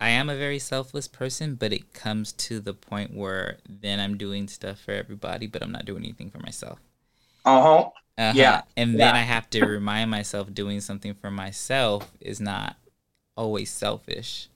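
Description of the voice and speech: Fluent, clear adult male conversational speech at a relaxed pace, with a brief laugh and interjection midway.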